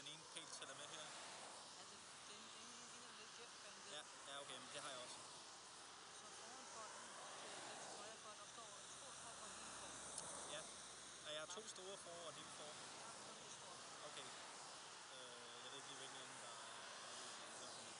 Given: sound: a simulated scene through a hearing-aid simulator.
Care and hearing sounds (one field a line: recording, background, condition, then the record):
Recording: conversation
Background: traffic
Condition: -4 dB SNR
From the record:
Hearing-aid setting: I (fast-acting compression, audibility-based gain)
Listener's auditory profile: D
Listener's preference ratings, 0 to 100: 20, 37, 41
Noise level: 75 dB SPL